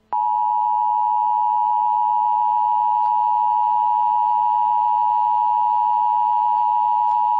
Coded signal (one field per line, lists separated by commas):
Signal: Emergency Alert System (SAME) tones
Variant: 853 and 960 Hz attention tone